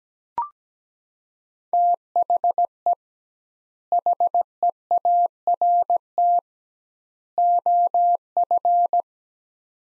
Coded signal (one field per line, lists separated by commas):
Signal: Morse code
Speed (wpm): 17 wpm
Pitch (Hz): 700 Hz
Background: none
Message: THE HEART OF